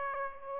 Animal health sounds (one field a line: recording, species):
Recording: mosquito wingbeat signal from an infrared sensor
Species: Aedes aegypti